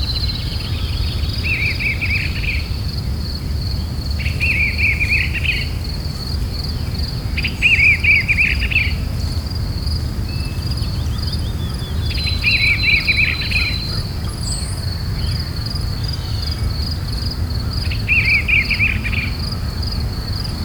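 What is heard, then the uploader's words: Night in the woods, with a steady high insect trill running through the whole clip. Over it, a cricket-like chirping comes in short bursts about every five seconds, while a low, even rumble sits underneath throughout. A Night in the Woods.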